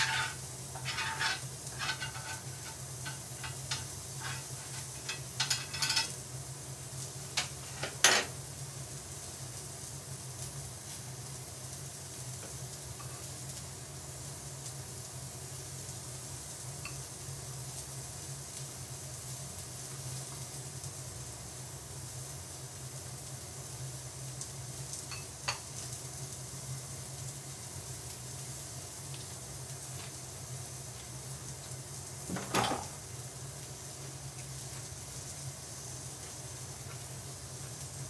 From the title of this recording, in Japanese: 焼肉の音